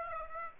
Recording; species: mosquito wingbeat signal from an infrared sensor; Aedes aegypti